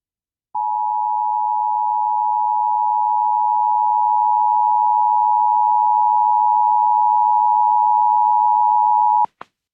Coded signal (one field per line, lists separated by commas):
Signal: Emergency Alert System (SAME) tones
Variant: 853 and 960 Hz attention tone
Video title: Eas tsunami warning for Hawaii on Wjon Eas#1473